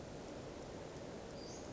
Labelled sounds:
Western Flycatcher
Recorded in Sonoma County, California

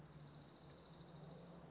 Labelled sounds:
Dark-eyed Junco
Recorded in Sonoma County, California

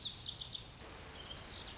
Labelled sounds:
Lazuli Bunting
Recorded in Sonoma County, California

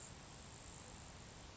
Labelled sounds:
Grasshopper Sparrow
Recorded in Sonoma County, California

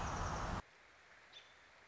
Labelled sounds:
American Robin
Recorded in Sonoma County, California

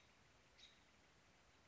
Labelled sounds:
American Robin
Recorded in Sonoma County, California

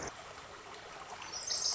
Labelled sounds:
Pacific Wren
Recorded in Sonoma County, California

